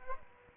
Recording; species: mosquito wingbeat signal from an infrared sensor; Aedes aegypti